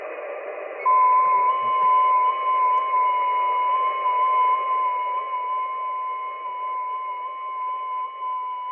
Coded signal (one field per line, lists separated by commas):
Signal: FT8